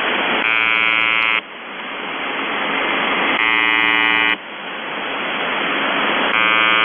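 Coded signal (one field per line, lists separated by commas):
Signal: channel marker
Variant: UVB-76 (The Buzzer)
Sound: harsh one-second buzzes repeating every three seconds, three buzzes, the last cut off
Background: radio static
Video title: The Buzzer/UVB-76(4625Khz) November 25+26, 2021 Voice messages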